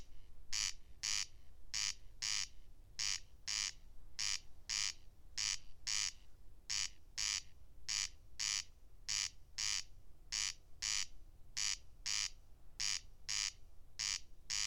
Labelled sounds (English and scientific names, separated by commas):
Corn Crake (Crex crex) song